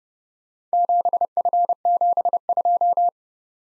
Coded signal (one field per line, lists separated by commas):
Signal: Morse code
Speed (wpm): 30 wpm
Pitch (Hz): 700 Hz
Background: none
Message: 7F72